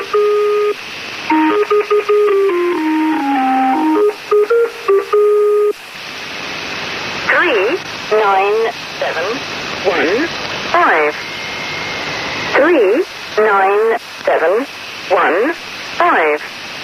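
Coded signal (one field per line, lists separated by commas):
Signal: numbers station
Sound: short stepping tone melody, then evenly spaced short spoken words through noise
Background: radio static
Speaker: you've just heard is a number station, a shortwave radio frequency that generally broadcasts number sets, and in some cases an identifier that precludes the seemingly random string of numbers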